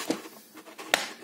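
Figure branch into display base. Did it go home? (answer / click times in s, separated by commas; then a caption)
yes / 0.9 s. The magnetized decorative branch piece of a Mihoyo x Apex 1/8 scale Yae Sakura Mandarin Gown Ver. Honkai Impact 3rd figure is pushed into its slot on the display base. A soft tap comes at about 0.1 s, then a sharp, loud click at 0.9 s as the branch seats firmly into the base.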